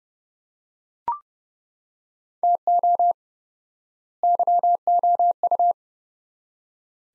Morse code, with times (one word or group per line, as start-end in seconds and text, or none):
2.4-3.1 TO
4.2-5.7 YOU